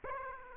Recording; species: mosquito wingbeat signal from an infrared sensor; Aedes aegypti